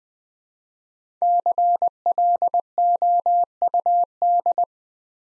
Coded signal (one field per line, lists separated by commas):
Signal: Morse code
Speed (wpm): 20 wpm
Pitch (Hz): 700 Hz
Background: none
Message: CLOUD